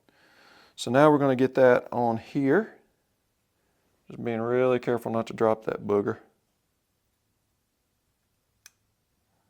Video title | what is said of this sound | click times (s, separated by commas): Scale Release Autos 2024 Update | okay you heard it snap in | 8.7 s